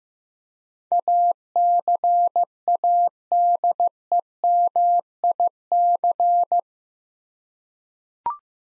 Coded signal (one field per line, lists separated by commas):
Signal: Morse code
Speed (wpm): 15 wpm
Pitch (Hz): 700 Hz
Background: none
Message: ACADEMIC